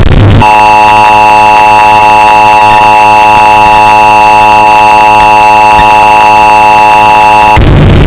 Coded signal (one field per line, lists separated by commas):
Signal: Emergency Alert System (SAME) tones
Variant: 853 and 960 Hz attention tone